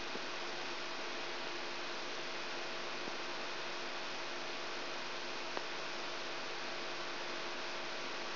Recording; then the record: brain microelectrode recording played as sound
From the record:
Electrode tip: outside the subthalamic nucleus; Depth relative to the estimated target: -4 mm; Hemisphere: left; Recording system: AlphaMap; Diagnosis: Parkinson's disease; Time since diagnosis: 19 years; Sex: female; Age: 64 years